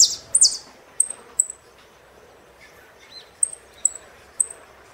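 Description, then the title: Saffron finch song: two loud, sharp descending sweeps, followed by several thin, high chirps. "Jilguero Argentino"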